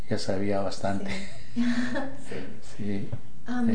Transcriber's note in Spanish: risas